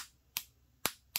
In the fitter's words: it will click. Hear that?